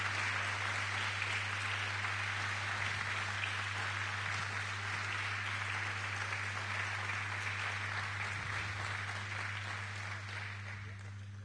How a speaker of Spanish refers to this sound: Para sacarlo de su sorpresa, quiero que den un aplauso. Más fuerte. A ver, los policías también.